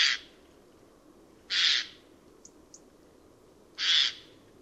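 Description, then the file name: Eurasian jay giving loud, harsh rasping screeches, three about every two seconds, with two faint short ticks between them. "Garrulus glandarius"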